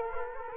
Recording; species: mosquito wingbeat signal from an infrared sensor; Culex quinquefasciatus